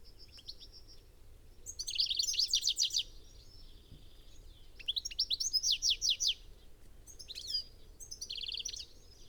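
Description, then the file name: European goldfinch twittering in several bursts of fast, jangling, tinkling notes separated by short pauses, over faint background noise. "Carduelis carduelis"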